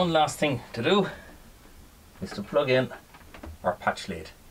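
A patch lead's RJ45-style data cable plug is being handled at the communication port of a Victron inverter charger, ready to be pushed into the data port. Someone talks throughout the clip over a quiet background. Nothing has seated or clicked yet; the clip ends just before the plug goes home.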